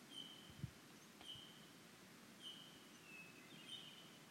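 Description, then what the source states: Hermit Thrush song, faint: several brief held whistled notes over background hiss, with a soft knock early on. Singing bird moving closer, from tree crown to tree crown; near Heartbreak Meadow, Northeast Oregon, montane conifer forest, July 8, about 10 a.m.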